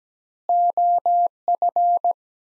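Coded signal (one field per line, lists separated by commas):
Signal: Morse code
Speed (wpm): 17 wpm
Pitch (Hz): 700 Hz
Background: none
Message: OF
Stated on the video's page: Morse practice set of four-word phrases at 17 wpm with 4x word spacing, similar to Farnsworth method; each set is followed by spoken version.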